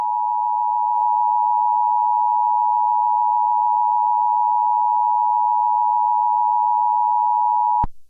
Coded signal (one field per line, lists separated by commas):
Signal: Emergency Alert System (SAME) tones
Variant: 853 and 960 Hz attention tone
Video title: Mario EAS Scenario: Dark Moon